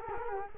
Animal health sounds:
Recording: mosquito wingbeat signal from an infrared sensor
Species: Culex quinquefasciatus

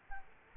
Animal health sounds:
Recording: mosquito wingbeat signal from an infrared sensor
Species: Aedes albopictus

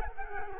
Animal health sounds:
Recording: mosquito wingbeat signal from an infrared sensor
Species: Culex quinquefasciatus

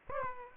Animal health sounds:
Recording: mosquito wingbeat signal from an infrared sensor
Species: Aedes aegypti

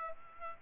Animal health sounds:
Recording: mosquito wingbeat signal from an infrared sensor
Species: Aedes aegypti

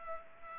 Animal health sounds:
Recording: mosquito wingbeat signal from an infrared sensor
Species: Culex pipiens

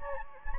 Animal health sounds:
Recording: mosquito wingbeat signal from an infrared sensor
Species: Anopheles gambiae

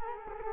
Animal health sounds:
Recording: mosquito wingbeat signal from an infrared sensor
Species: Culex quinquefasciatus

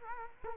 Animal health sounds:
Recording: mosquito wingbeat signal from an infrared sensor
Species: Culex quinquefasciatus

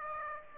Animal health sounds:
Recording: mosquito wingbeat signal from an infrared sensor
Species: Aedes aegypti

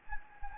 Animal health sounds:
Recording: mosquito wingbeat signal from an infrared sensor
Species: Anopheles gambiae

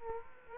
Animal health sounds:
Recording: mosquito wingbeat signal from an infrared sensor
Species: Aedes aegypti

